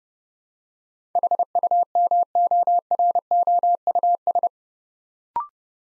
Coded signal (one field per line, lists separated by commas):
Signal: Morse code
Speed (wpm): 30 wpm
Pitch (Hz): 700 Hz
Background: none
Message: HUMOROUS